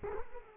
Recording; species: mosquito wingbeat signal from an infrared sensor; Culex quinquefasciatus